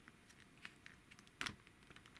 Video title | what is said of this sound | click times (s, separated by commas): Transformers review: Kingdom Megatron | then we'll lock it into | 1.4 s